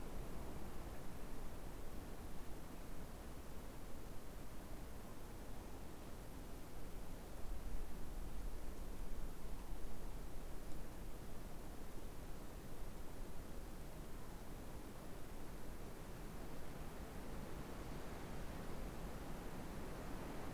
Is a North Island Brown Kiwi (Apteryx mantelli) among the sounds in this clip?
no